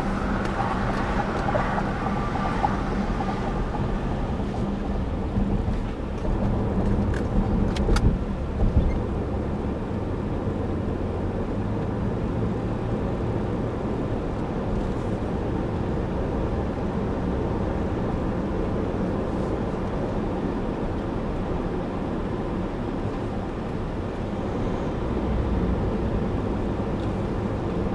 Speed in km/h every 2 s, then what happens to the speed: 52, 55, 56, 60, 63, 66, 71, 76, 81, 81, 74, 71, 71, 74.
0-16 speeds up to 81. 18-22 slows to 71.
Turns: none.